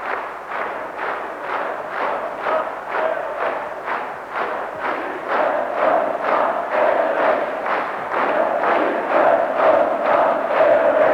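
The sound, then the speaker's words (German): A large crowd, standing on chairs, chants the greeting slogan 'Wir grüßen unseren Erich' for Erich Honecker, chairman of the Free German Youth, in unison, loud and steady, with a rapid regular beat of about two pulses per second, like rhythmic shouting or clapping, continuing throughout. “Wir grüßen unseren Erich, das ist der Ruf.”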